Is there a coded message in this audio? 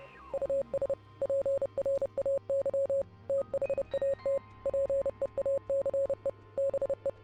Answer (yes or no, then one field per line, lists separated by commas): yes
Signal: Morse code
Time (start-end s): 0.3-7.1 s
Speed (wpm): 30 wpm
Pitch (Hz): 550 Hz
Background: music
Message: US PRAY THAT PEACE BE